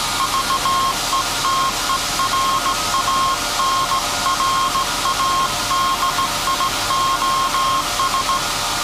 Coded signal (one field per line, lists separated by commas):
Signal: Morse code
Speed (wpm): 17 wpm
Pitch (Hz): 1070 Hz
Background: none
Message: VETERANRADIOS